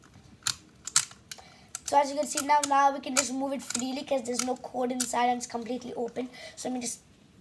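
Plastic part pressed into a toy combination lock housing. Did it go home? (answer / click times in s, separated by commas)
no / none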